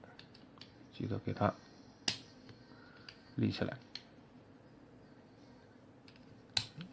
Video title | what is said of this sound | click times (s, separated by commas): Ultimate Transformers Toy Collection - New Transformers Toy Unboxing and Review #transformers #robot | 好，脚底板扣上，这一节翻起来， | 6.6 s